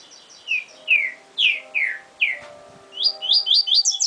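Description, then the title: Double-collared seedeater singing a series of clear downslurred whistles about twice a second, then breaking into a fast rattling trill, with a faint steady hum beneath. "Canto Coleiro"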